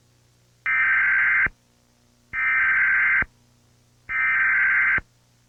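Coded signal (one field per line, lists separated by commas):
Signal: Emergency Alert System (SAME) tones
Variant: header bursts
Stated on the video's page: Mock alert, a fictional recreation, not a real activation.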